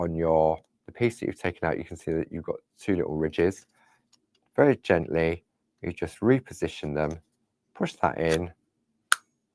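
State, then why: Seated. Someone talks while gently repositioning the cutting piece, with its two little ridges, into a craft corner punch and pushing it in. A sharp, loud click sounds at 9.1 s as the insert seats and is locked in place.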